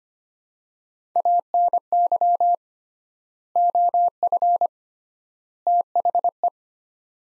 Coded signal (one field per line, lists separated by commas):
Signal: Morse code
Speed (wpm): 25 wpm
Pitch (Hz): 700 Hz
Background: none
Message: ANY OF THE